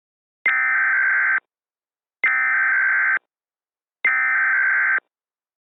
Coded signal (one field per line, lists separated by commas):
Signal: Emergency Alert System (SAME) tones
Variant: header bursts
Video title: Perpetual Motion - Part 2 (EAS Scenario)